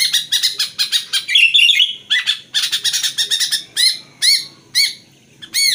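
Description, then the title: Sooty-headed bulbul giving quick chattered notes, then a few separate, arching chirps spaced apart toward the end. "Kutilang"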